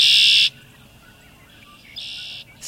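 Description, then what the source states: Red-winged blackbird song: harsh, buzzy high bursts of about half a second each, two full bursts and the start of a third. Males courting their harems in early spring at a wetland.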